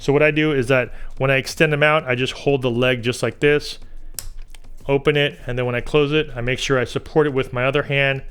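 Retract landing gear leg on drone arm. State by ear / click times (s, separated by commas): seated / 4.2 s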